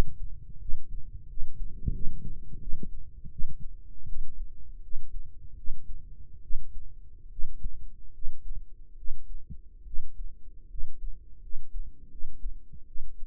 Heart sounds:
heart sounds by microphone in the right ear; 78 bpm
0.60 s: heartbeat
1.28 s: heartbeat
1.93 s: heartbeat
2.60 s: heartbeat
3.30 s: heartbeat
4.07 s: heartbeat
4.82 s: heartbeat
5.56 s: heartbeat
6.41 s: heartbeat
7.30 s: heartbeat
8.13 s: heartbeat
8.96 s: heartbeat
9.84 s: heartbeat
10.68 s: heartbeat
11.40 s: heartbeat
12.09 s: heartbeat
12.86 s: heartbeat
From the record:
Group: healthy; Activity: rest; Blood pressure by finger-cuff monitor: 109/68 mmHg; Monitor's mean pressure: 78 mmHg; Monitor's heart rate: 85 bpm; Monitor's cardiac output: 6.7 L/min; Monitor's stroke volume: 80 mL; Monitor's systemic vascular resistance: 850 dyn s/cm5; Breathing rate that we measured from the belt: 19 breaths a minute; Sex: male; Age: 21 years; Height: 170 cm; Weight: 71 kg

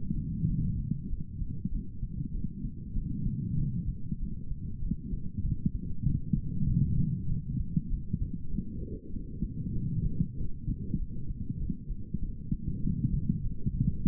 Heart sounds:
heart sounds by stethoscope; 97 bpm
0.47 s: heartbeat
1.08 s: heartbeat
1.70 s: heartbeat
2.32 s: heartbeat
2.94 s: heartbeat
3.56 s: heartbeat
4.18 s: heartbeat
4.80 s: heartbeat
5.43 s: heartbeat
6.04 s: heartbeat
6.66 s: heartbeat
7.27 s: heartbeat
7.89 s: heartbeat
8.50 s: heartbeat
9.11 s: heartbeat
9.74 s: heartbeat
10.36 s: heartbeat
10.97 s: heartbeat
11.59 s: heartbeat
12.20 s: heartbeat
12.82 s: heartbeat
13.42 s: heartbeat
14.01 s: heartbeat
From the record:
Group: healthy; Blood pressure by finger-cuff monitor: 124/84 mmHg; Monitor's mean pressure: 99 mmHg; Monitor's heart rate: 97 bpm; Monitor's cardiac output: 5.6 L/min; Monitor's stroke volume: 58 mL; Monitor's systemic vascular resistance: 1320 dyn s/cm5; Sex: female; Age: 51 years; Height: 162 cm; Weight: 70.04 kg

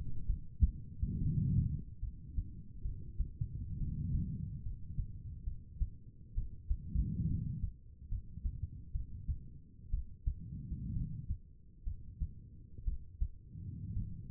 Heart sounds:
heart sounds by stethoscope; 66 bpm
0.26 s: heartbeat
1.19 s: heartbeat
2.00 s: heartbeat
2.83 s: heartbeat
3.78 s: heartbeat
4.64 s: heartbeat
5.45 s: heartbeat
6.35 s: heartbeat
7.28 s: heartbeat
8.09 s: heartbeat
8.92 s: heartbeat
9.91 s: heartbeat
10.94 s: heartbeat
11.84 s: heartbeat
12.85 s: heartbeat
13.94 s: heartbeat
From the record:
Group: healthy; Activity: cold pressor test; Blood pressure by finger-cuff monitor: 85/60 mmHg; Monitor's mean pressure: 68 mmHg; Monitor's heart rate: 66 bpm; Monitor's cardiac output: 4.9 L/min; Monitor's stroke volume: 72 mL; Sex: female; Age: 36 years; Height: 163 cm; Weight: 88 kg

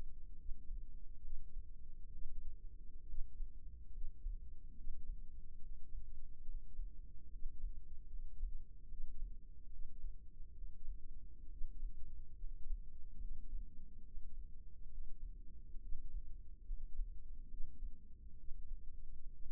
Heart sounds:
heart sounds by microphone in the left ear; 70 bpm
0.38 s: heartbeat
1.23 s: heartbeat
2.12 s: heartbeat
3.08 s: heartbeat
3.94 s: heartbeat
4.77 s: heartbeat
5.62 s: heartbeat
6.47 s: heartbeat
7.32 s: heartbeat
8.12 s: heartbeat
8.90 s: heartbeat
9.71 s: heartbeat
10.56 s: heartbeat
11.51 s: heartbeat
12.39 s: heartbeat
13.21 s: heartbeat
14.04 s: heartbeat
14.90 s: heartbeat
15.82 s: heartbeat
16.67 s: heartbeat
17.50 s: heartbeat
18.38 s: heartbeat
19.31 s: heartbeat
From the record:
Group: healthy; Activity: rest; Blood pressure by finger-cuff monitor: 96/63 mmHg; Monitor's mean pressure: 74 mmHg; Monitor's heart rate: 71 bpm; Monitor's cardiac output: 6.3 L/min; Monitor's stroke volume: 89 mL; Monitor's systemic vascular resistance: 840 dyn s/cm5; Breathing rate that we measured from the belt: 14 breaths a minute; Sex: male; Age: 22 years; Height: 181 cm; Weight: 79 kg

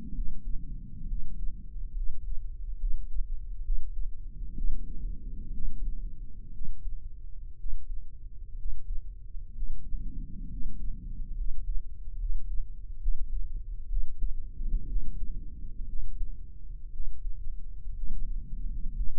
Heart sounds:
heart sounds by microphone in the right ear; 64 bpm
0.12 s: heartbeat
1.05 s: heartbeat
1.93 s: heartbeat
2.77 s: heartbeat
3.61 s: heartbeat
4.53 s: heartbeat
5.51 s: heartbeat
6.51 s: heartbeat
7.56 s: heartbeat
8.55 s: heartbeat
9.52 s: heartbeat
10.47 s: heartbeat
11.34 s: heartbeat
12.16 s: heartbeat
12.98 s: heartbeat
13.87 s: heartbeat
14.85 s: heartbeat
15.85 s: heartbeat
16.89 s: heartbeat
17.92 s: heartbeat
18.93 s: heartbeat
From the record:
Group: healthy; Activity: rest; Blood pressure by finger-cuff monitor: 114/67 mmHg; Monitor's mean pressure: 79 mmHg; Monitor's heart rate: 63 bpm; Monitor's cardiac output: 7.2 L/min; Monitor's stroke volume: 117 mL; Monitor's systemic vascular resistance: 830 dyn s/cm5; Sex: male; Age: 23 years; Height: 178 cm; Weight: 96.6 kg

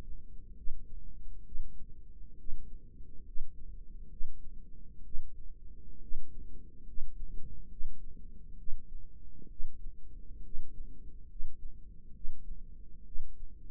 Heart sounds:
heart sounds by microphone in the right ear; 67 bpm
0.59 s: heartbeat
1.47 s: heartbeat
2.40 s: heartbeat
3.28 s: heartbeat
4.12 s: heartbeat
5.06 s: heartbeat
6.03 s: heartbeat
6.89 s: heartbeat
7.72 s: heartbeat
8.60 s: heartbeat
9.51 s: heartbeat
10.46 s: heartbeat
11.31 s: heartbeat
12.16 s: heartbeat
13.07 s: heartbeat
From the record:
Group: healthy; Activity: rest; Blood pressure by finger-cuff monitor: 148/92 mmHg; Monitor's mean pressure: 107 mmHg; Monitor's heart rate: 69 bpm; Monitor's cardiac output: 7.4 L/min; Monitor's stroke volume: 111 mL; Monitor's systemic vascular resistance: 1040 dyn s/cm5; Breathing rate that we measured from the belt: 15 breaths a minute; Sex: male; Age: 30 years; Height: 188 cm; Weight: 110.2 kg

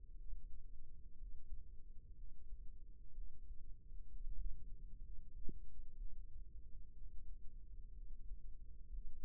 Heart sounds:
heart sounds by microphone in the right ear; 62 bpm
0.15 s: heartbeat
1.15 s: heartbeat
2.13 s: heartbeat
3.11 s: heartbeat
4.08 s: heartbeat
4.99 s: heartbeat
5.95 s: heartbeat
6.91 s: heartbeat
7.92 s: heartbeat
8.88 s: heartbeat
From the record:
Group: healthy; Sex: female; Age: 37 years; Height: 168 cm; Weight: 70 kg

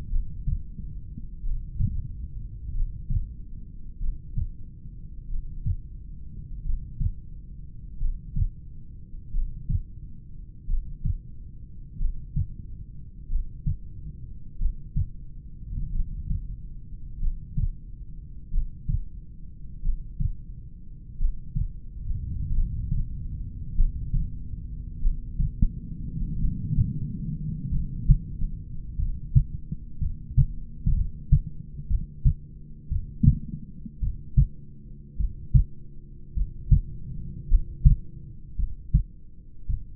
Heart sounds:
heart sounds by stethoscope; 49 bpm
0.14 s: heartbeat
1.46 s: heartbeat
2.76 s: heartbeat
4.03 s: heartbeat
5.32 s: heartbeat
6.67 s: heartbeat
8.03 s: heartbeat
9.36 s: heartbeat
10.71 s: heartbeat
12.02 s: heartbeat
13.32 s: heartbeat
14.62 s: heartbeat
15.96 s: heartbeat
17.23 s: heartbeat
18.55 s: heartbeat
19.86 s: heartbeat
21.22 s: heartbeat
22.57 s: heartbeat
23.79 s: heartbeat
25.04 s: heartbeat
26.42 s: heartbeat
27.74 s: heartbeat
29.01 s: heartbeat
30.03 s: heartbeat
30.98 s: heartbeat
31.92 s: heartbeat
32.93 s: heartbeat
34.05 s: heartbeat
35.22 s: heartbeat
36.39 s: heartbeat
37.53 s: heartbeat
38.61 s: heartbeat
39.71 s: heartbeat
From the record:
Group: heart failure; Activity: breath hold 0-30 s, rest 30-40 s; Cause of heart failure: familial cardiomyopathy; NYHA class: 1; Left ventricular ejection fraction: 49%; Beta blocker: bisoprolol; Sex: male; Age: 31 years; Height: 194 cm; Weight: 96 kg

